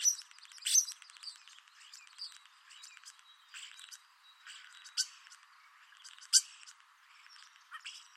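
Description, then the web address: Common starling singing a dense stream of rapid clicks and rattles, broken by sharp loud snaps and a thin, steady whistle running through the middle. "Deverinetal 2025. Bird Only"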